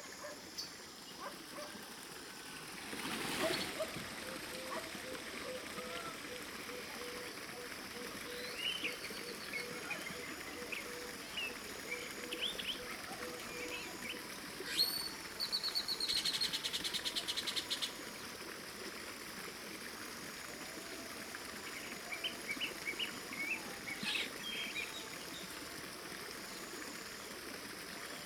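A jungle field recording with a steady, dense bed of insect hiss and low rumble throughout. Scattered bird chirps and short calls dot the mix, with a brief loud burst around 3 seconds and a rapid chattering call near 15–18 seconds.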